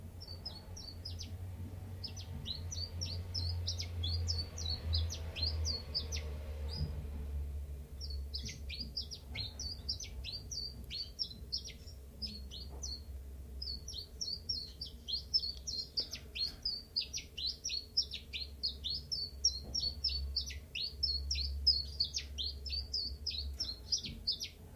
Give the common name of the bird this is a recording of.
Common Chiffchaff